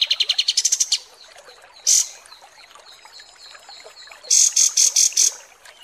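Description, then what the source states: Pied Triller song: a fast rising trill opens, a single harsh note follows after a gap, then a series of loud buzzy notes. Masteran, a tutor song for training cage birds, of kapas tembak, described as mewah (luxurious).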